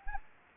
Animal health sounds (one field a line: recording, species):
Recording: mosquito wingbeat signal from an infrared sensor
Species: Anopheles gambiae